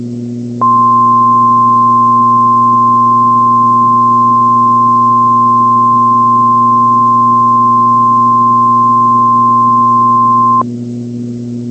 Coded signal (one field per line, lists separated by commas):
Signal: Emergency Alert System (SAME) tones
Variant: 1050 Hz attention tone